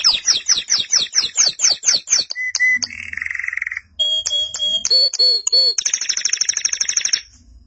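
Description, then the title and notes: Canary song in quick tours: a run of repeated downward-swept notes, a steady whistle, a buzzy trill, then lower looping notes and a fast high rattle. "BM Suara Kenari. BM Suara Burung Kenari"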